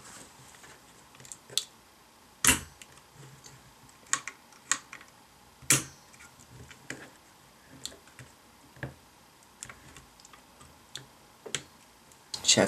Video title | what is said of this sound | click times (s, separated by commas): Windows 8 Core i7-4770K Custom Computer Build (Part 1) | Now, just push down on each push pin. Should hear a click. | 1.6 s, 4.1 s, 4.7 s, 5.7 s, 11.6 s